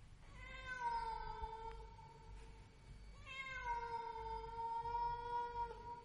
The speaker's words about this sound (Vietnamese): Cùng lúc ấy có tiếng con mèo ở đâu kêu lên nghe thê thiết.